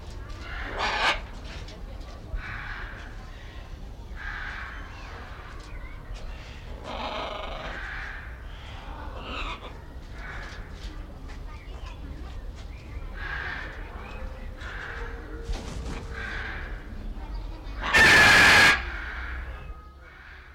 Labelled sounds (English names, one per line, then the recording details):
Red-and-green Macaw call
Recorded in captivity
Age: adult
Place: Zoo Berlin, Berlin, DE
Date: 1994-05-21 12:08
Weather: fair, 12-16°C
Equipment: Marantz CP 430, Sennheiser ME 80, Kopie Uher Variocord 263
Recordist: Tembrock, Günter
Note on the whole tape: Ein Tier draußen, diverse Laute, zweites Tier innen, dann antwortend, Entfernung ca. 5 m